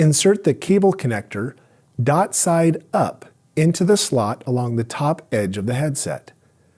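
The cable connector for an HP Reverb G2 VR headset is being handled for insertion dot side up into the slot along the top edge of the headset, with the face mask removed. Someone talks throughout, and no click is heard. Nothing has seated or clicked yet.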